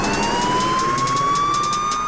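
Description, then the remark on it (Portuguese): A police siren wails in one long, steady tone that climbs slowly in pitch, loud and continuous, with faint rhythmic ticking pulses running over it and no voices. “E o barulho de sirene silencia a quebrar.”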